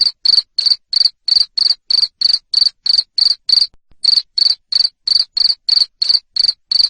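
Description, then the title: Cricket chirps, shrill and evenly spaced at roughly three per second, briefly pausing once near the middle. Loud cricket chirping, played to stimulate lovebirds to sing continuously. "Suara JANGKRIK NGERIK Keras Bikin LOVEBIRD Jadi NGEKEK Terus Vubey"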